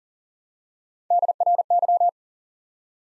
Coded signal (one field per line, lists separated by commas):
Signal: Morse code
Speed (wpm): 38 wpm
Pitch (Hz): 700 Hz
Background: none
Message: DRY